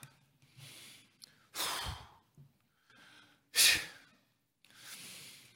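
Imitated heavy, sighing breathing: a series of deep, breathy sighs and exhalations, as breathing sounds when depressed or discouraged, the shortness of breath called 'anguish of spirit'.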